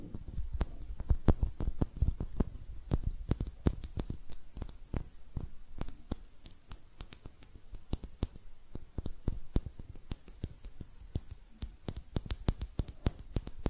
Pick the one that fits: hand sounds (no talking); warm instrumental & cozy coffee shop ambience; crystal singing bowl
hand sounds (no talking)